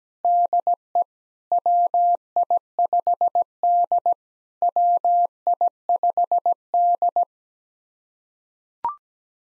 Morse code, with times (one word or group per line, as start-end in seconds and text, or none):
0.2-1.0 DE
1.5-4.1 WI5D
4.6-7.2 WI5D